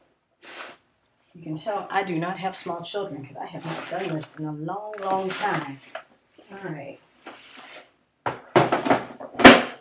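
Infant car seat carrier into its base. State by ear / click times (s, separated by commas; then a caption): seated / 8.7 s. Someone talks while fumbling with a plastic Baby Trend infant car seat carrier, then pushes it down onto its base. A sharp click sounds at 8.7 s as the carrier locks into the base, followed by a few more handling knocks. The carrier is seated in its base.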